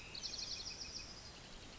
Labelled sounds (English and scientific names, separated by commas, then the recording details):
Bewick's Wren (Thryomanes bewickii)
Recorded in Sonoma County, California